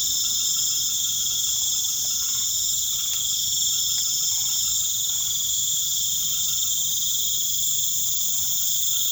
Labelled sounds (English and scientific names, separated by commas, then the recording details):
none
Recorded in pastures near Puerto Asís, Putumayo, Colombia, on 4 March 2025 at 19:30
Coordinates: 0.487, -76.322
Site G077